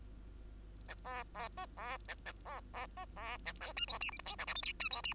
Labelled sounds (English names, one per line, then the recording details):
Bengalese Finch song
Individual Bird2